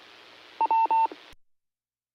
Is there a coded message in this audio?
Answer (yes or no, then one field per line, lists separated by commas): no